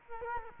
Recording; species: mosquito wingbeat signal from an infrared sensor; Culex quinquefasciatus